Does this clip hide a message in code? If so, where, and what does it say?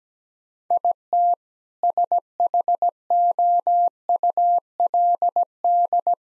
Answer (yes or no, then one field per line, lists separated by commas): yes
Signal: Morse code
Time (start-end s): 0.7-6.1 s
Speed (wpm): 17 wpm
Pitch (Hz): 700 Hz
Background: none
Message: IT SHOULD